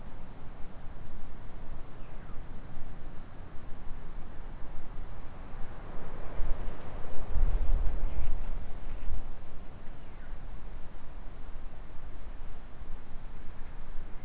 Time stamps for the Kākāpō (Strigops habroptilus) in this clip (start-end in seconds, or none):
none